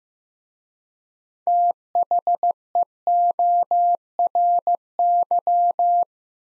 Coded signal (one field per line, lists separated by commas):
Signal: Morse code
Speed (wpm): 15 wpm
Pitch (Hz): 700 Hz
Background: none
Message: THEORY